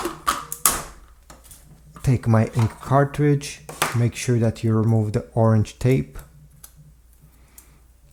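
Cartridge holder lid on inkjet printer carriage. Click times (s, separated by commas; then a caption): 0.7 s. The plastic latch on the cartridge holder lid in the carriage of a Canon Pixma TR7820 inkjet printer is released to load the colour cartridge, letting go with a sharp click at 0.7 s after a couple of lighter clicks. Someone then talks over a low hum, and a few faint ticks follow near the end.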